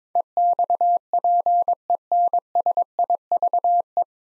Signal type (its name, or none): Morse code